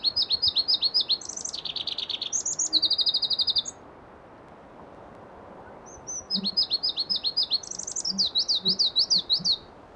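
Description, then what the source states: Pallas's leaf warbler singing two loud, high phrases of rapidly repeated notes, each switching pitch several times between trills and buzzes, with a pause between them. Listvyanka, 25 June 2012.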